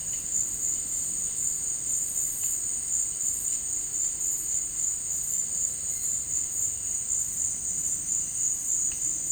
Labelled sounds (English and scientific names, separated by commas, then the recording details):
none
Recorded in dense forest near Puerto Asís, Putumayo, Colombia, on 12 March 2025 at 16:00
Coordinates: 0.485, -76.318
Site G056